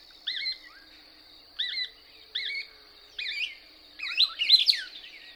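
Couch's Kingbird song: four short high twittering notes, then an excited burst of jumbled twitters at the end.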